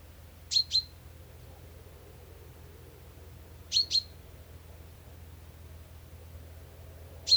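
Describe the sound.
Common chaffinch repeating sharp, high call notes, mostly in quick doubles roughly every three seconds, ending on a single note, with a soft low hum beneath.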